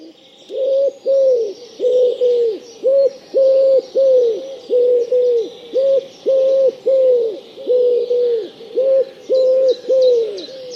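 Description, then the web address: Bird giving a long, regular series of mellow, slightly downslurred cooing notes, unbroken throughout. Faint high chirps from other birds sit in the background. "cianscape. Deverinetal"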